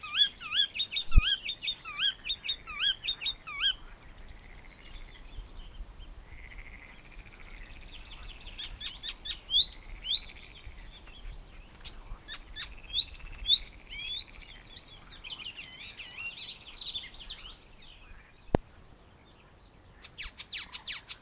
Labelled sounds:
Icterine Warbler song

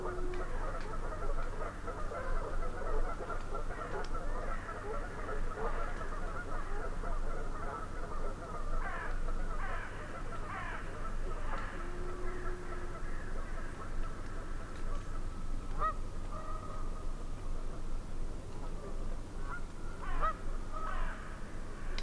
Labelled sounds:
Canada Goose call

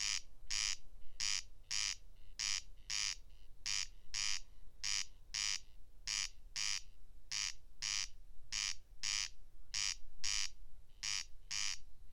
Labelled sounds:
Corn Crake song

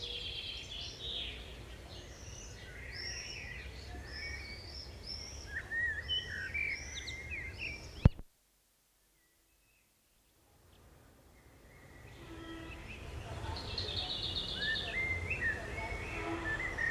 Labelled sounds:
Common Blackbird song

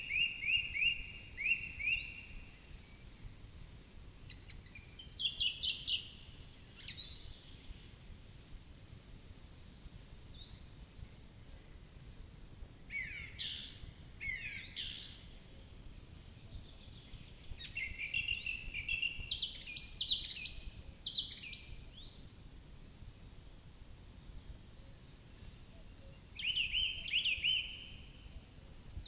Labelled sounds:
Song Thrush song

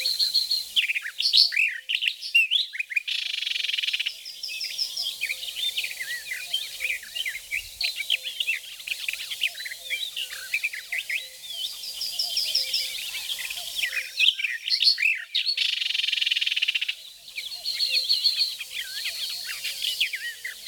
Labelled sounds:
Barred Warbler song

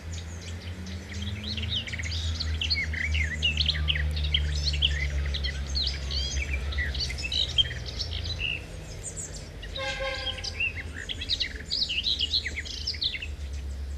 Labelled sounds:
Common Whitethroat song

